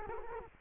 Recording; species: mosquito wingbeat signal from an infrared sensor; Culex quinquefasciatus